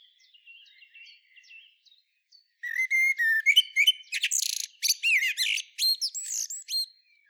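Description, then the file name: Common blackbird: soft thin high notes at first, then a loud run of rapid chirps, slurred squeaks and scratchy trills lasting several seconds. "Turdus merula"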